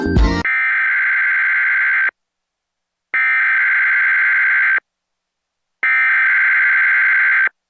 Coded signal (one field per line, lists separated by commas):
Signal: Emergency Alert System (SAME) tones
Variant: header bursts